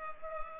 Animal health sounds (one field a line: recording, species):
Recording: mosquito wingbeat signal from an infrared sensor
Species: Culex pipiens